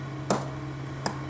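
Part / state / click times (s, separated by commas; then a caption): GSM antenna button connector onto phone logic board / seated / 0.3 s, 1.1 s. The small GSM antenna button connector is pressed back onto an iPhone 4 logic board and snaps into place. Two short, sharp clicks sound at 0.3 s and 1.1 s over a steady low hum. The connector is confirmed seated.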